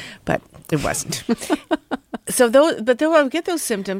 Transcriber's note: laughter